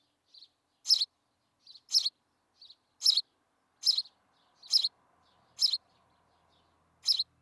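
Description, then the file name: House sparrow giving loud, harsh chirps roughly once a second, the first few preceded by a softer, thinner note. "Passer domesticus"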